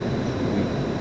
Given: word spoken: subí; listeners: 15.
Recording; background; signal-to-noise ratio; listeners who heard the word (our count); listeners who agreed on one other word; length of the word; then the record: one Spanish word in noise, from a listening test; speech-shaped noise; -6.9 dB; 0 of 15; 7 of 15; 0.61 s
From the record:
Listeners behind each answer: 7, 2, 2, 1, 1, 1, 1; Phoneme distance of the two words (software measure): 7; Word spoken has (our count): 2 syllables, 4 phonemes, stress on syllable 2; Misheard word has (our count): 2 syllables, 5 phonemes, stress on syllable 2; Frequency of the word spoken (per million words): 3.69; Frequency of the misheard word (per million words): 34.93